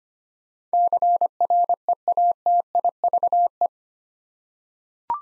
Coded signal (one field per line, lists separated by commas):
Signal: Morse code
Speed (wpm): 25 wpm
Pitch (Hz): 700 Hz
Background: none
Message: CREATIVE